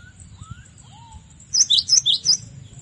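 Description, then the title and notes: Cinereous tit song: a rapid series of about five high notes alternating between two pitches, after a few faint, lower, sliding whistles at the start. Masteran song, made to train cage birds. "Masteran Gelatik Batu. burung gelatik"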